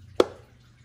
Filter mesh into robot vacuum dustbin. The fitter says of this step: and you heard that click and then just